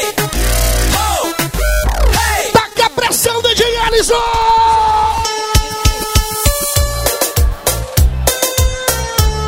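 A crowd at a DJ set yells and cheers loudly for several seconds after being told to raise their hands and shout, a dense, sustained roar of voices broken by higher whoops and bellows.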